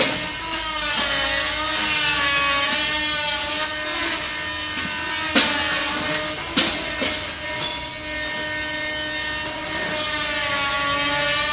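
Restoration work fills the air with a steady, loud mechanical whine that wavers slightly in pitch, broken by sharp knocks around five and six seconds.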